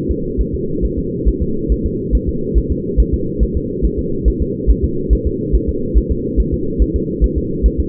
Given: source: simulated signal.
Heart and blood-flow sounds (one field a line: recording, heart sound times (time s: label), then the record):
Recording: fetal heart sounds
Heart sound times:
0.11 s: S2
0.41 s: S1
0.55 s: S2
0.85 s: S1
0.99 s: S2
1.28 s: S1
1.42 s: S2
1.72 s: S1
1.86 s: S2
2.15 s: S1
2.29 s: S2
2.58 s: S1
2.72 s: S2
3.00 s: S1
3.14 s: S2
3.43 s: S1
3.57 s: S2
3.85 s: S1
3.99 s: S2
4.28 s: S1
4.42 s: S2
4.70 s: S1
4.84 s: S2
5.13 s: S1
5.27 s: S2
5.55 s: S1
5.69 s: S2
5.98 s: S1
6.12 s: S2
6.40 s: S1
6.54 s: S2
6.82 s: S1
6.96 s: S2
7.24 s: S1
7.38 s: S2
7.66 s: S1
7.80 s: S2
From the record:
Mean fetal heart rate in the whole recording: 140 bpm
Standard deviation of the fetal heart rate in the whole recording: 2 bpm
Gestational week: 34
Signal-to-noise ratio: -6.6 dB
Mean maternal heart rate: 72 bpm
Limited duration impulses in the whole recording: present